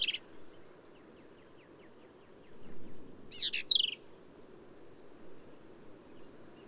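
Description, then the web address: Black-capped vireo song: a brief harsh note opens, then after a pause a jumbled, sweeping phrase of high notes, with faint fast ticking between them and low background noise. "birdsongforthecurious Black-capped Vireo"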